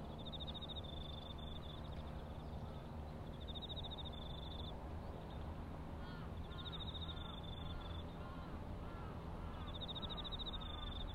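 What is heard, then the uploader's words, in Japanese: Autumn insects call in repeated high, thin trills, each lasting about a second and returning every few seconds. A steady low rumble runs underneath the whole time, and a few faint, caw-like bird calls drift in around the middle. そして、夜も徐々に肌寒くなってきて、頑張っているのはひたすら相手を探す秋虫たちの鳴き声。サツマイモ畑の草刈り。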